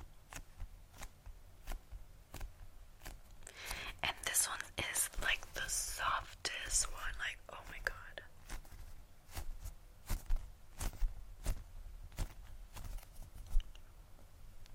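A soft plastic package is squeezed and crinkled, with sharp crackling clicks at a steady pace. From about 4 to 8 seconds the rustling thickens into a dense, bright crinkle, then thins back to separate crisp snaps over a quiet, low hum.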